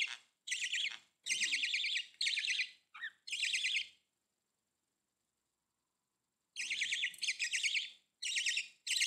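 Budgerigar chirping calls, a run of buzzy bursts, then a pause of a few seconds before the chirps resume.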